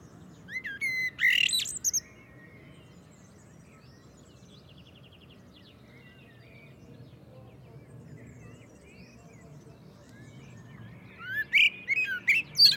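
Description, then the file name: Common blackbird song phrases at the start and end: fluty warbles and high twitters, with a long quiet gap and faint background birds between. "Turdus merula"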